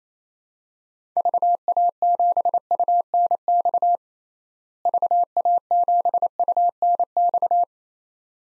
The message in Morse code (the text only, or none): VA7UNX VA7UNX